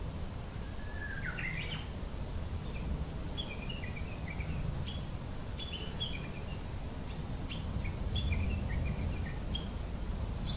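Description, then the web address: Japanese bush warbler song: a held whistle rising into a flourish, followed by a run of short, scattered chirps over constant low background noise. Recorded in spring, dated 070326. "kisetsu 2 uguiisu 070326"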